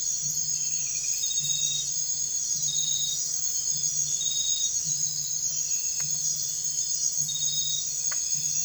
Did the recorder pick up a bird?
no